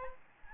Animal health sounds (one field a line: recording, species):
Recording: mosquito wingbeat signal from an infrared sensor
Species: Aedes albopictus